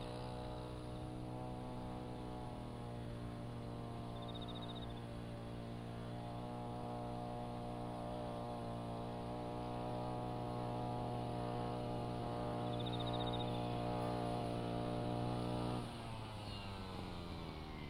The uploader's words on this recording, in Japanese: 環境音 機械音あり サツマイモ畑の草刈り。サツマイモの畝間を行ったり来たり、ひたすら草刈り機で草刈りです。そして、夜も徐々に肌寒くなってきて、頑張っているのはひたすら相手を探す秋虫たちの鳴き声。